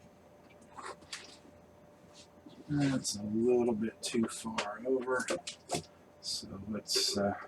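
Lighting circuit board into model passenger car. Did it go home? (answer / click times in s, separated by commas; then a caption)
no / none. A lighting circuit board is lined up in a tight space inside a model passenger car before being pushed home, and it sits a little too far over. Faint handling taps come at about 0.8 and 1.1 seconds, followed by someone talking. Nothing has seated or clicked yet.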